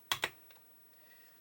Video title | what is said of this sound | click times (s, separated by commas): Pocher Pagani Utopia 15 reloaded | So, that's gone in there with a little click. | 0.1 s